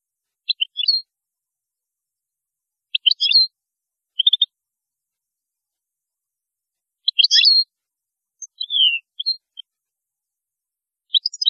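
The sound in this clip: European goldfinch song: short twittering phrases repeated every few seconds, each a cluster of high chirps, one with a descending slurred note.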